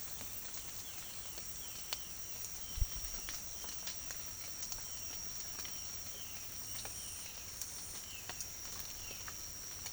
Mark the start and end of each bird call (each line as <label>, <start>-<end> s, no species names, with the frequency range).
bird call (2.2-3.9 kHz), 0.78-7.55 s
bird call (2.2-3.8 kHz), 8.01-8.30 s
bird call (2.0-3.3 kHz), 9.00-9.25 s